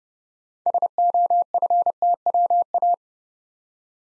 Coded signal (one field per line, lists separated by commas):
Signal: Morse code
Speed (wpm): 30 wpm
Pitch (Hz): 700 Hz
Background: none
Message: SOFTWA